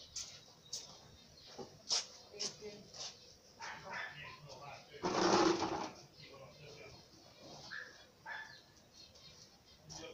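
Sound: dog barking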